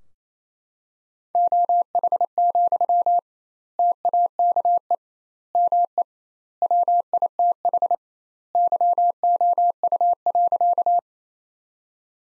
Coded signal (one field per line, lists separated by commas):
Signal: Morse code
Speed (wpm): 27 wpm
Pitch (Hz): 700 Hz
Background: none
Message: OH, TAKE ME WITH YOU.